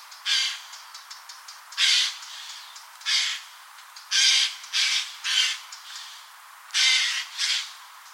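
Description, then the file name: Eurasian jay uttering a series of harsh, grating screams, some in quick pairs, separated by brief pauses, with quieter rasping notes in the gaps. "Garrulus glandarius"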